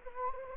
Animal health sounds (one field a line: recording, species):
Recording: mosquito wingbeat signal from an infrared sensor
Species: Anopheles gambiae